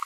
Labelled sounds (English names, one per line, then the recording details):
Green-rumped Parrotlet babbling
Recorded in a nest box in Venezuela
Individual 18B25A5